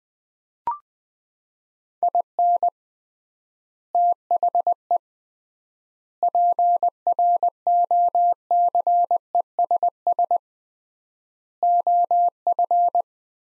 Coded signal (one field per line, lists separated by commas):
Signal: Morse code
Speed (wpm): 20 wpm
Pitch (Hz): 700 Hz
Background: none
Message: IN THE PROCESS OF